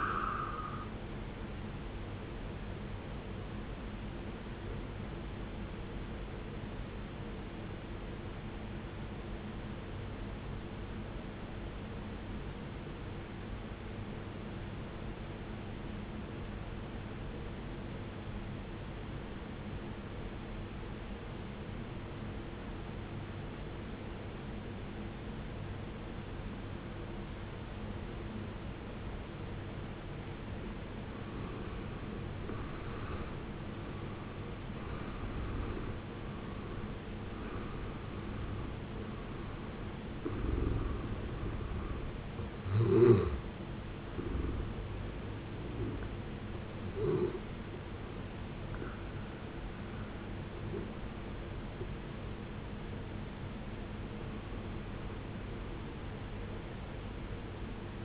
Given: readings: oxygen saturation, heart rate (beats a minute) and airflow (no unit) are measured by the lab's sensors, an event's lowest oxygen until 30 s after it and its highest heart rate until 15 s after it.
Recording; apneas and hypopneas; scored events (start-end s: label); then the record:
breathing in sleep by a voice recorder at the bedside; 1
7.00-31.40 s: obstructive apnea (N1, oxygen 94% highest, then 77% lowest, heart rate 57 at the start, 73 highest)
15.00-58.05 s: new sleep stage, N2 (light sleep)
From the record:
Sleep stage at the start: N1 (lightest sleep); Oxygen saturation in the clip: 77 to 94%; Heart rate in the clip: 53 to 76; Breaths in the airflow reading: 8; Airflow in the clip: -14.9 to 17.0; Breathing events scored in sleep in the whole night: 389 in 6.3 hours asleep